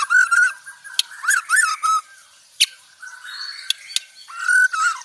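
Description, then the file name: White-rumped shama song of rich whistled phrases, rising and falling, mixed with sharp clicks and brief high twitters, pausing between bursts. Banjar variety; rapid-fire 'tembakan' song style delivered at tight, fast speed. "Suara tembakan speed rapat Murai batu banjar"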